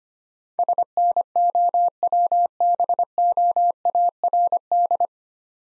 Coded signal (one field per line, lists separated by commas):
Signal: Morse code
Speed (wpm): 27 wpm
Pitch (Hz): 700 Hz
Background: none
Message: SNOWBOARD